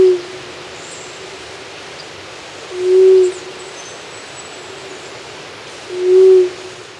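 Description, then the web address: White-throated quail-dove repeating a single low, even hoot about every three seconds, three notes heard. Ecuador, South America. "Birds of Ecuador. White-Throated Quail-Dove"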